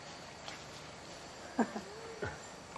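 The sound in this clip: Celebes crested macaque calls: a few short, harmonic grunting squeaks in the second half, one sliding downward, against a steady soft background hiss.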